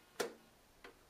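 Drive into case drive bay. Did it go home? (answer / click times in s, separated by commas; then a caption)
yes / 0.2 s. A drive is pushed into the top bay of a computer case and clicks into place at 0.2 s with a sharp, bright snap. A softer tick follows at 0.9 s. The drive is seated and holds firm when checked that it does not come out.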